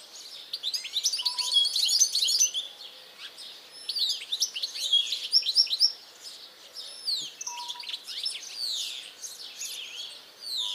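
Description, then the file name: European goldfinch calls, bursts of bright tinkling chirps and twitters coming in waves, with a brief low whistled note at times in the background. "Carduelis carduelis"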